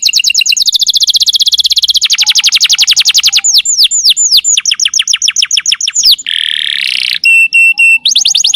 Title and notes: Pancingan Kenari Muda Durasi Panjang. masteran kenari